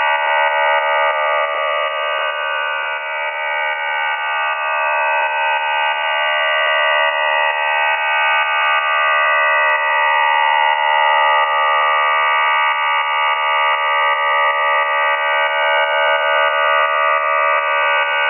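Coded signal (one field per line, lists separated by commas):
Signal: numbers station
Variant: Q26 QPSK modem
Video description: Chinese digital numbers station Q26 digital counterpart to V26 operates on LSB, described as DPRC QPSK 4 by 4 MODEM.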